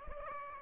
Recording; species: mosquito wingbeat signal from an infrared sensor; Aedes albopictus